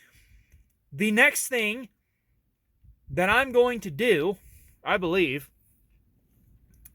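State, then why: Seated. A plastic interior dash trim panel around the HVAC control on a 2007 Ford Expedition is pressed into the dashboard. Someone talks through most of the clip, then a short, sharp click is heard at 6.9 s as the panel snaps into place and seats.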